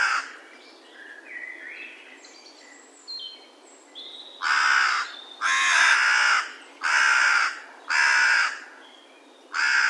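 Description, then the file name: Carrion crow giving a run of about five rough caws after quieter calls in the first half. "Corvus corone"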